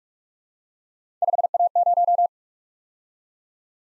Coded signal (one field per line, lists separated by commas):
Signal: Morse code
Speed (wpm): 51 wpm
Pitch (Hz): 700 Hz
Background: none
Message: 5A0